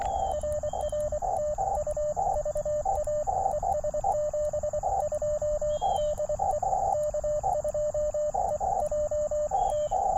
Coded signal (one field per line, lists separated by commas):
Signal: Morse code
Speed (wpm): 23 wpm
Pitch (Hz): 600 Hz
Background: radio noise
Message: RR TU VA ES 72 DE K2EJT